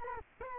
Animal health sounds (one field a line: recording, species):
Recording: mosquito wingbeat signal from an infrared sensor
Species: Culex quinquefasciatus